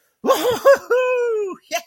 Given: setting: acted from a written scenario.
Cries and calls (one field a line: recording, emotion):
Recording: vocal sound without words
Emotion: triumph